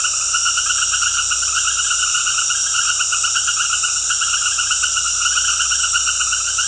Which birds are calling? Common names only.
none